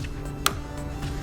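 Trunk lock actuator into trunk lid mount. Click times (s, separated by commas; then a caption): 0.5 s. A trunk lock actuator assembly for a Mercedes W208 CLK is pushed into its mount in the trunk lid on the correct side, and it seats with a single sharp click at 0.5 s. Background music plays under the click, and the part is left seated in place.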